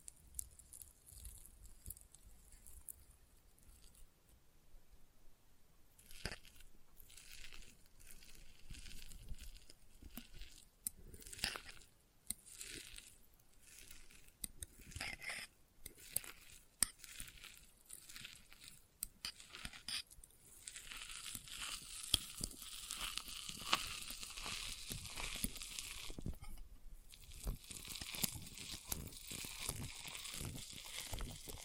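Experimental triggers made with test tubes: crisp clicks, taps and crinkly rustles come in irregular bursts, with brief pauses around five and twenty seconds. After twenty seconds the sounds turn denser and hissier, a bright sustained crackle broken by sharp knocks.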